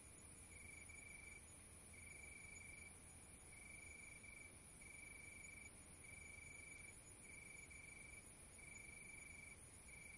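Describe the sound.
Cricket calling in bursts of shrill, pulsing trill, each roughly a second, separated by brief pauses, with faint low hum in the background.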